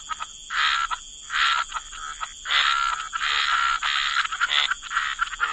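Frog chorus of dense overlapping croaks in rolling bursts, with a constant high-pitched hiss underneath.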